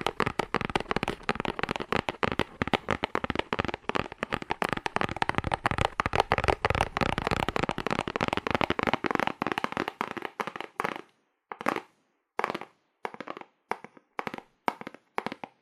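Fast, aggressive tapping on cardboard, a dense rattle of sharp, dry hits running almost without pause for about eleven seconds. After that the tapping thins into short separate bursts with silent gaps between them until the end.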